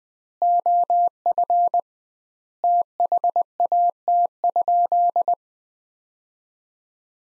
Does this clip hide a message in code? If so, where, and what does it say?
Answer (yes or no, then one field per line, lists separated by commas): yes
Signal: Morse code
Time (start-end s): 0.4-5.3 s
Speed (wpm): 20 wpm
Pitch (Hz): 700 Hz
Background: none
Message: OF THAT?